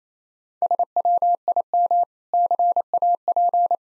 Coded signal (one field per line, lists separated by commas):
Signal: Morse code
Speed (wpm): 27 wpm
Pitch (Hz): 700 Hz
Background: none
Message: SWIM CAP